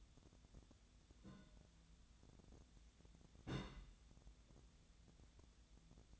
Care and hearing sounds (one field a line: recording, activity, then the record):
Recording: daily activity, microphone in the room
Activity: place on stove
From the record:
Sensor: 3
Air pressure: 1010.0 hPa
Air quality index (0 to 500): 186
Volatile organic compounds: 13 ppm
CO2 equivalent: 2420 ppm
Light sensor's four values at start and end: 43/106/46/49 and 43/106/46/49